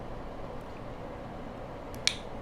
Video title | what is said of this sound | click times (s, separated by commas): Top discount finds | it is you just heard it snap into place it does hold | 2.1 s